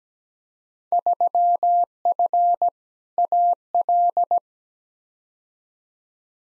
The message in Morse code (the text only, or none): 3F AL